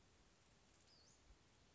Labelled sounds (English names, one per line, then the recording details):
Western Flycatcher
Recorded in Sonoma County, California